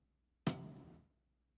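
A drill/screw guide for a polyaxial locking system is fitted into a mini bone plate hole by hand at 90° with two fingers during a hand-surgery workshop. A single sharp hit lands at 0.5 s and rings out for about half a second before fading to silence. The guide is seated in the plate hole.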